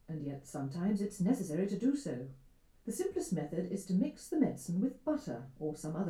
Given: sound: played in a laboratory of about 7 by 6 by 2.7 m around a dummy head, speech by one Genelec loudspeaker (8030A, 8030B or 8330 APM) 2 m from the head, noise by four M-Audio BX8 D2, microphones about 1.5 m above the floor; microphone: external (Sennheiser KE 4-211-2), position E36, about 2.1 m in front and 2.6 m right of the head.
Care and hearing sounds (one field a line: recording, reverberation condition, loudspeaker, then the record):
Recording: female speech in English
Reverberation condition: low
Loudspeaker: 60 degrees to the right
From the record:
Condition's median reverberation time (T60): about 310 ms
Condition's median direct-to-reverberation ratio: about 3.5 dB